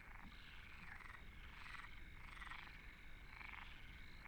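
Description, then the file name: Frogs croaking in a chorus, raspy pulsed bursts overlapping roughly every half second to one second, with a steady low rumble underneath. Frogs recorded at Deltebre in the Ebro Delta. "Postpaisatge Granotes Deltebre"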